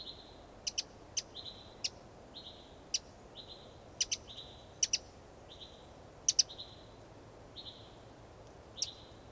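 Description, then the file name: Eurasian wren, dry clicking calls, singly or doubled, irregularly spaced, over a run of level whistled notes. "Troglodytes troglodytes"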